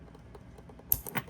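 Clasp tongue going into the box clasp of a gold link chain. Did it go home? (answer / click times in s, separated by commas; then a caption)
yes / 0.9 s. The clasp tongue of a 10k gold Cuban link chain or bracelet is pushed into its box clasp again, with the finger kept out of the way so the closing can be heard. After faint ticks, a sharp, bright snap rings out at 0.9 s, followed by a couple of smaller clicks and rattles. The clasp snaps shut and is seated.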